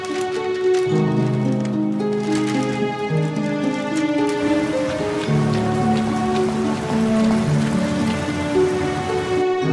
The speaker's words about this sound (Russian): На улице дождь.